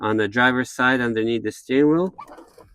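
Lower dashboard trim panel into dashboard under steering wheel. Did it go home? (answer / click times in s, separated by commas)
no / none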